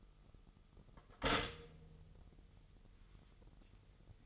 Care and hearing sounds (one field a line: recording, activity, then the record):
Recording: daily activity, microphone in the room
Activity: stop toaster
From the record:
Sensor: 4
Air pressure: 989.4 hPa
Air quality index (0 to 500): 215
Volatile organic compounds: 65 ppm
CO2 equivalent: 3474 ppm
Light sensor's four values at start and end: 24/83/30/32 and 24/85/31/33